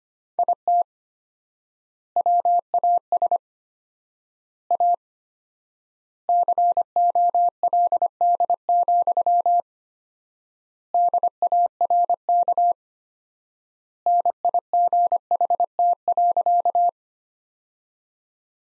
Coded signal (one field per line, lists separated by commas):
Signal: Morse code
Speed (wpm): 25 wpm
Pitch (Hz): 700 Hz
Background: none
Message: IT WAS A COLD, DARK NIGHT.